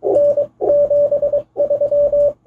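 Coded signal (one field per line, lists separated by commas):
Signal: Morse code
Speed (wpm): 22 wpm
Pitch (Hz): 580 Hz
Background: none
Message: N 73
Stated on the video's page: Amateur radio special event station celebrating a town's centenary.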